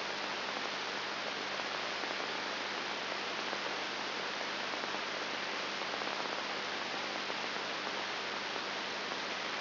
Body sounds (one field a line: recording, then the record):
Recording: brain microelectrode recording played as sound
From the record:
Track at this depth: inside the subthalamic nucleus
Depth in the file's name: 4.301 mm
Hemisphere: left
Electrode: 3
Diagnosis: Parkinson's disease